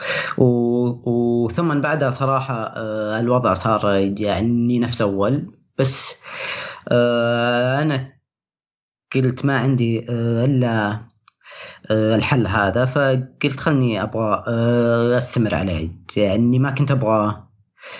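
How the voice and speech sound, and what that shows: Adult male, about 25, speaking Gulf Arabic with stuttering: a repeated initial sound, prolonged sounds and long silent blocks between words. The stuttering began at age 10, was mild at first and was most severe at about age 15. He also has an anxiety disorder that began at age 15.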